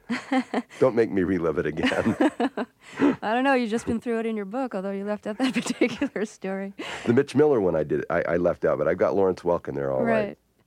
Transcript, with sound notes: Don't make me relive it again!
(laughs) I don't know, you've just been through it in your book, although you left out that particular story.
The Mitch Miller one I did -- I left out, but I got Lawrence Welk in there, all right.